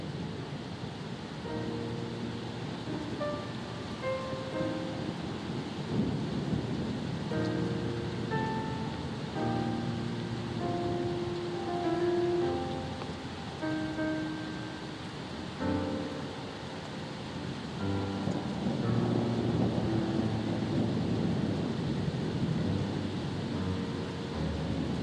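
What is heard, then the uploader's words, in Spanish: A storm at sea rumbles low and steady under a soft wash of rain, the rolling noise swelling slightly toward the end. Calm, sustained music notes float above it, changing every second or two, with no sharp thunderclaps standing out. Los sonidos tranquilos de una tormenta en el mar, acompañados de música relajante. La armoniosa mezcla de la tormenta y las olas crea una atmósfera pacífica.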